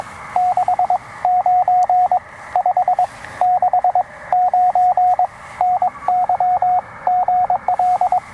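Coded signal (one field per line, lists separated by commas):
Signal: Morse code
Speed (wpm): 20 wpm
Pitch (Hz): 690 Hz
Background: radio noise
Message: 6 9 5 6 9 NY GL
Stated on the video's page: Two-watt POTA CW activation with a Penntek TR-45L and an Elecraft AX2 antenna.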